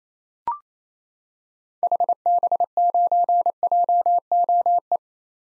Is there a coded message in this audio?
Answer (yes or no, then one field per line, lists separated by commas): yes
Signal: Morse code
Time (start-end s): 1.8-5.0 s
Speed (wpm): 28 wpm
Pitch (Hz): 700 Hz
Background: none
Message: HB9JOE